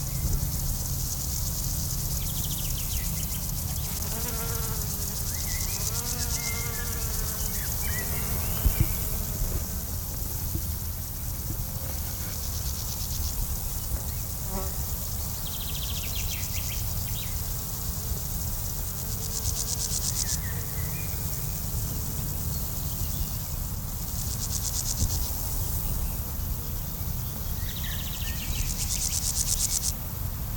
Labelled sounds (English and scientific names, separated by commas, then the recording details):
Roesel's Bush-cricket (Metrioptera roeselii) stridulation
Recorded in the wild
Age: imago
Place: Blankenfelde, Tegeler Fließ, Berlin, DE
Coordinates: 52.604, 13.4
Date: 1993-07-10
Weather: 24 °C, sonnig-heiter
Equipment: Marantz CP 430, Sennheiser ME 80, Kopie Uher Variocord 263
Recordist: Tembrock, Günter